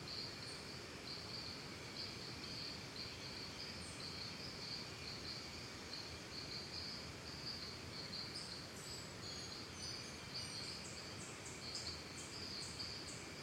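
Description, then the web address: Cicadas in a continuous high, buzzing drone with flickering pulses, and brief high, thin notes, mostly near the end. Calm forest ambience, Costa Rica. "Big Room Sound Ciccadas Birds Costa Rica"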